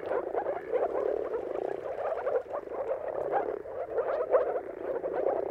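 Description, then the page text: Moor frog chorus, dense soft pulsed croaks from many frogs, rising and falling in waves without pause. Mating calls of many moor frogs in a dawn chorus at sunrise, at the turn of March and April, timing depending on the weather. "Jakub-Orzecki moor frogs. Dawn’s Chorus: Mating Calls of Marsh Frogs at Sunrise. Depending on the weather at the turn of March and April, you can witness an amazing spectacle of moor frogs"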